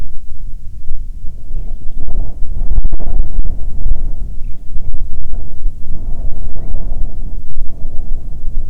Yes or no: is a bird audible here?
yes